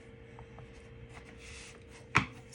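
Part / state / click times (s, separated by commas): lid onto a baking pan / seated / 2.2 s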